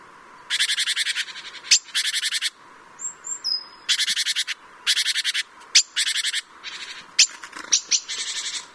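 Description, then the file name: Great tit buzzy churring rattles in repeated short bursts, with a few thin high whistled notes and sharp clicks in the pauses. "Parus major"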